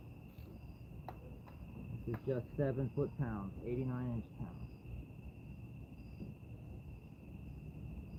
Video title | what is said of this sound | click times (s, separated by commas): Oil pressure sensor needs replaced on my 2013 LS3 C6 Corvette. Behind the manifold is not easy!Join! | we'll go until the wrench clicks. | 1.1 s